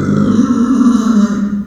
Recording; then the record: squeal of a Yucatan mini pig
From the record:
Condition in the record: after surgery on the right vocal fold (resection and tissue-engineered implant); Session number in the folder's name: 9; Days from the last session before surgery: 65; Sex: female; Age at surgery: 19 weeks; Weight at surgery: 25 kg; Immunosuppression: prednisolone